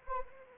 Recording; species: mosquito wingbeat signal from an infrared sensor; Anopheles arabiensis